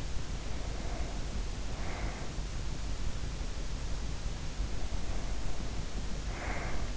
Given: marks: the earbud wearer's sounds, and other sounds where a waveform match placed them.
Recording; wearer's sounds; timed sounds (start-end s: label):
sounds in sleep by an in-ear microphone; breath
0.18-2.42 s: breath
4.68-6.97 s: breath